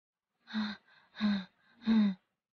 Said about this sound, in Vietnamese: Bên kia đầu dây không tiếng trả lời, mà chỉ vang lên thứ âm thanh gì tựa như ai đó đang thở rất khó khăn.